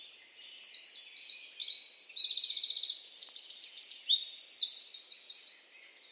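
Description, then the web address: Bird singing a high-pitched, varied series of sharp whistles and fast trilled notes, overlapping phrases lasting several seconds, then trailing off into quiet. "Deverinetal 2025 File origin Bird Only"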